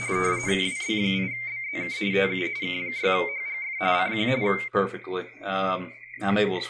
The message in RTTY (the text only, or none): WB8BZK TU K6HGF CQ